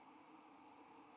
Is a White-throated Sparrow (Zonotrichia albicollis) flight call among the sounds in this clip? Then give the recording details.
no. No flight call is heard. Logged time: 08:04 on 5 December 2014